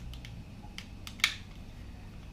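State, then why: Seated. While rebuilding a Grand Am's hazard switch, a new internal part is pushed back into the plastic switch housing so its pins can pop back out. A few faint light ticks at about 0.1, 0.3, 0.8 and 1.1 s lead up to one sharp, much louder snap at 1.2 s as the part seats into place.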